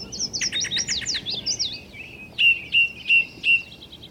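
Bird song: a jumbled burst of high twittering notes followed by four clear, evenly spaced whistled notes.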